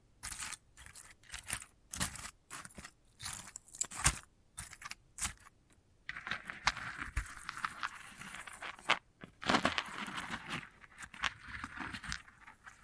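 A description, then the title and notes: Crisp scratching and crackling sounds come from handling a dried sunflower head, with bright rustles and short crunchy bursts. For the first six seconds the sounds come in separate strokes with silent gaps; after that the scraping runs more continuously, with a few louder crunches. ASMR of a Sunflower Head (No Talking).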